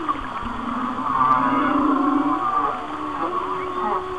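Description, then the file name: Whale sounds: continuous low moans under fainter, higher wavering tones throughout. "Whale Songs"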